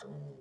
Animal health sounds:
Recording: pig call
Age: piglet (1 to 25 days)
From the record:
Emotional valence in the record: negative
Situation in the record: long isolation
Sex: female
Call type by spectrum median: low-frequency call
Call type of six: mixed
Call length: 0.41 s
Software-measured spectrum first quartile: 154 Hz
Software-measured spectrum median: 284 Hz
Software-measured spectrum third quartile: 663 Hz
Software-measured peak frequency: 421 Hz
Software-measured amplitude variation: 85 dB a second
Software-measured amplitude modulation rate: 23.4 a second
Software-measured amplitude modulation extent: 3.6 dB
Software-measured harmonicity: 2.6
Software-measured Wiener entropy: -0.29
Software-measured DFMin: 1044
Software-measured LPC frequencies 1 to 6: 376, 1683, 3570, 4209, 5309, 6154 Hz

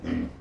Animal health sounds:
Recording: pig call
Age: growing-finishing pig (85 days or more)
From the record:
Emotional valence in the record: negative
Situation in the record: barren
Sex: female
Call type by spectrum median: low-frequency call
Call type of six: low-frequency stable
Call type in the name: low-frequency stable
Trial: 1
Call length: 0.40 s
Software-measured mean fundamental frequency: 63 Hz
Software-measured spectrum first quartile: 209 Hz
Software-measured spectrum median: 282 Hz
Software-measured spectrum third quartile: 571 Hz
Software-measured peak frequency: 260 Hz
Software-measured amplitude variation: 197 dB a second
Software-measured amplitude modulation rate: 29.7 a second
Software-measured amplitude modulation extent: 6.7 dB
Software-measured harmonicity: 3.2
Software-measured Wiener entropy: -0.54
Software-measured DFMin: 926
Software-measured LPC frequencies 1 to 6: 289, 1057, 1908, 3061, 5154, 5993 Hz

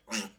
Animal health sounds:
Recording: pig call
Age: piglet (1 to 25 days)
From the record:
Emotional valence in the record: negative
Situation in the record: restrain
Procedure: back test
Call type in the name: low-frequency call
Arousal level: medium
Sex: female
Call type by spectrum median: high-frequency call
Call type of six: low-frequency tonal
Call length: 0.40 s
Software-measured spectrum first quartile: 663 Hz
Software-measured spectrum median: 2578 Hz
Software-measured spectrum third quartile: 4894 Hz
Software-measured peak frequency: 215 Hz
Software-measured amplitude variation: 207 dB a second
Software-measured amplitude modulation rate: 10.1 a second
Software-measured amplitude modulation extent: 20.4 dB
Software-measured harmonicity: 1.2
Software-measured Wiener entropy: -1.82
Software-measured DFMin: 476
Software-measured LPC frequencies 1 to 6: 1554, 2758, 3588, 4767, 5469, 6660 Hz

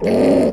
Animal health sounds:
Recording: pig call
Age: piglet (1 to 25 days)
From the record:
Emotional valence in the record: negative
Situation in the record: crushing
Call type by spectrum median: low-frequency call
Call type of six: low-frequency modulated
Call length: 0.53 s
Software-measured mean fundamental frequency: 62 Hz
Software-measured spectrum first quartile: 275 Hz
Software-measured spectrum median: 424 Hz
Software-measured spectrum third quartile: 601 Hz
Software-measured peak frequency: 256 Hz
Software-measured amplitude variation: 76 dB a second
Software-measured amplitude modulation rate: 27.5 a second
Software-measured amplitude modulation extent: 2.8 dB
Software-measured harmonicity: 1.4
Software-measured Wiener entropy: -1.08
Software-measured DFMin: 1565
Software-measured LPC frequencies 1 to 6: 500, 2010, 4407, 5181, 5787, 7096 Hz

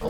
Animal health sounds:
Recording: pig call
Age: piglet (1 to 25 days)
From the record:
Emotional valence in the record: positive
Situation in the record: reunion after long isolation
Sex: female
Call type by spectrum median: low-frequency call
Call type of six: low-frequency tonal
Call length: 0.11 s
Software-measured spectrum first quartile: 250 Hz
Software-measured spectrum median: 466 Hz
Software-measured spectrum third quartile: 698 Hz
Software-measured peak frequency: 472 Hz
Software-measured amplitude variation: 102 dB a second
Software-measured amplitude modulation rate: 9.5 a second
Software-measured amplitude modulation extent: 10.8 dB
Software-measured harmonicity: 2.3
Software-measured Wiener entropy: -0.53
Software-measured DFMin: 879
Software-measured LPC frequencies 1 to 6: 493, 920, 1825, 3381, 4756, 6401 Hz

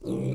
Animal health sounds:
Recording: pig call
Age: weaner (32 to 43 days)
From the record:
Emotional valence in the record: negative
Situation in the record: short isolation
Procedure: open field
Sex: female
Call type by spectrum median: low-frequency call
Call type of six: low-frequency stable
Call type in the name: low-frequency stable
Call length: 0.35 s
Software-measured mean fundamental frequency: 64 Hz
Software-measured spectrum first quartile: 150 Hz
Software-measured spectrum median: 256 Hz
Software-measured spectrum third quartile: 418 Hz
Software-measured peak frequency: 321 Hz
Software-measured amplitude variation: 97 dB a second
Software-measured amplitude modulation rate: 21.5 a second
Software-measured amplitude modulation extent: 4.5 dB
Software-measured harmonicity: 1.4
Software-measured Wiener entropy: -0.46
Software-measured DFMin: 1313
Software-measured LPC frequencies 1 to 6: 384, 2352, 3760, 5936, 7891, 9059 Hz

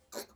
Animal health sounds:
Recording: pig call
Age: piglet (1 to 25 days)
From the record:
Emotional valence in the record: negative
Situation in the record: restrain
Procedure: back test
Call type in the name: high-frequency call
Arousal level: medium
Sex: female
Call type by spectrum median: high-frequency call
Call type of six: low-frequency tonal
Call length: 0.36 s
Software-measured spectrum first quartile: 608 Hz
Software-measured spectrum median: 2565 Hz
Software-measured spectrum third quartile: 7247 Hz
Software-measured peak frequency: 567 Hz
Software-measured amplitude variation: 220 dB a second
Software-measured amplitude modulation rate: 13.9 a second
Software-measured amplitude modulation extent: 15.8 dB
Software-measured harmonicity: 1.7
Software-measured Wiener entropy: -1.92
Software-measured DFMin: 1733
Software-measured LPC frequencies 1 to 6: 572, 1453, 4318, 5621, 6311, 7380 Hz

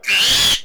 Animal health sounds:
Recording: pig call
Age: piglet (1 to 25 days)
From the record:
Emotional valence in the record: negative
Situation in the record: restrain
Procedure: sham castration, cut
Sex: male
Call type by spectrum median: high-frequency call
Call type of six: high-frequency modulated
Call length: 0.65 s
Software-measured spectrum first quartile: 2863 Hz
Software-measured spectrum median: 3545 Hz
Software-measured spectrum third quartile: 5574 Hz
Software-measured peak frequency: 3372 Hz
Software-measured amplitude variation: 116 dB a second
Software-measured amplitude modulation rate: 16.1 a second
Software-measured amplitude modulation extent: 7.2 dB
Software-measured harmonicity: 2.9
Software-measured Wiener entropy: -1.97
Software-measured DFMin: 908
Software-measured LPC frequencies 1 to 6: 1785, 2761, 3310, 4482, 6077, 6855 Hz

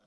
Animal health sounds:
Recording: pig call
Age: piglet (1 to 25 days)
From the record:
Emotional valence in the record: positive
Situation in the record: short reunion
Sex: male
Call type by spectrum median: low-frequency call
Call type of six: low-frequency tonal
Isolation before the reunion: 3 minutes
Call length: 0.06 s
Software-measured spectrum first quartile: 415 Hz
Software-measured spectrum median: 996 Hz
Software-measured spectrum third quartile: 3007 Hz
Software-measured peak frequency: 198 Hz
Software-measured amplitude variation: 20 dB a second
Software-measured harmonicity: -0.9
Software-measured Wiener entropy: -1.74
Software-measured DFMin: 589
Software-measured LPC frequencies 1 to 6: 580, 1399, 3281, 5370, 6123, 7012 Hz

